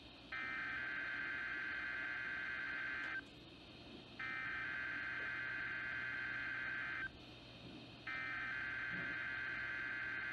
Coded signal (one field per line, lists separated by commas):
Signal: Emergency Alert System (SAME) tones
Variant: header bursts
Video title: National EAS Test! | Tests from August 2021 (EAS#145-171)